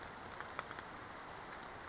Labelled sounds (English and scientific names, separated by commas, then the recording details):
Brown Creeper (Certhia americana)
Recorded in Sonoma County, California